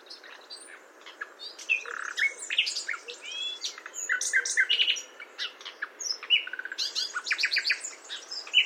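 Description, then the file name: Common nightingale singing a rich, varied song of sharp chirps, upslurred whistles and short buzzy notes, with quick repeated elements and phrases packed close together throughout. "Luscinia megarhynchos"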